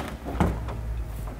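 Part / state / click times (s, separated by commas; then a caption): headlight assembly into truck front mounts / not seated / none. A plastic headlight assembly from a 2009–2018 Ram truck with reflector headlights is pushed back toward its mounts on the truck front. Low handling and rubbing noises carry a brief, sharp knock at about 0.4 s, then quieter shuffling. Nothing has seated or clicked yet.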